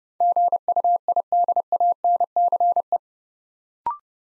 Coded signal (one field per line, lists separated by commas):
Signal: Morse code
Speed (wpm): 30 wpm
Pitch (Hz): 700 Hz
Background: none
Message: GUIDANCE